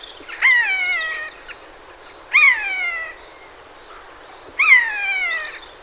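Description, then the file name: Eurasian jay calling with three falling, nasal mews spaced roughly two seconds apart, each sliding down and fading. "Garrulus glandarius"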